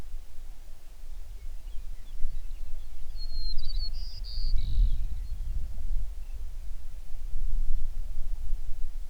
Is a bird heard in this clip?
yes